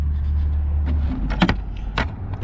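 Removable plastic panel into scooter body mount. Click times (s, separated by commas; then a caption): 1.4 s, 1.5 s, 2.0 s. A detachable plastic panel on a Vitacci Tank 200 Deluxe scooter, released earlier with a button, is set back on the bars and pushed home into its body mount over a low, steady rumble. Sharp plastic snaps sound at 1.4, 1.5 and 2.0 seconds as the panel seats in place.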